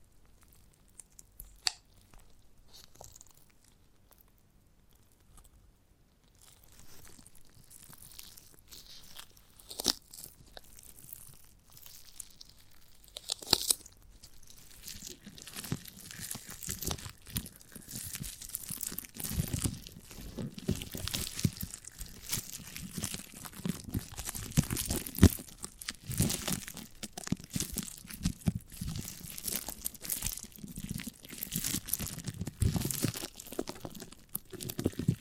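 Eating a giant gummy bear, starting with sparse, quiet clicks and crinkles for the first dozen seconds. Around 13 seconds the sound thickens into dense, continuous tearing and wet chewing crunches, loud bursts coming irregularly but rapidly through to the end.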